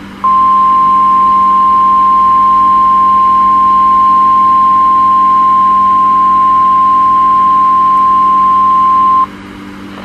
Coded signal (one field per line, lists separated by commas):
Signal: Emergency Alert System (SAME) tones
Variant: 1050 Hz attention tone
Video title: Alerts from 6/13/18 (EAS #88 - #90)